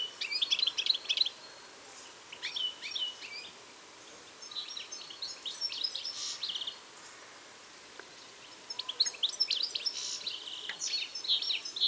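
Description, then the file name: European goldfinch song, several soft twittering phrases spread throughout, separated by quieter stretches of faint background noise. "Carduelis carduelis"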